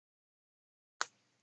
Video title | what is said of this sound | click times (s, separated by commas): WHAT A FLIPPER ! - A National Panasonic Clock Radio Restore | oh he he makes a little click sound and you think oh gee | 1.0 s